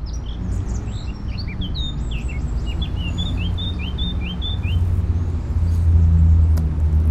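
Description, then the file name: Eurasian blackcap singing a hurried warble of mixed high notes that settles into a string of clearer repeated whistled notes, with steady low rumble throughout. "Sylvia atricapilla"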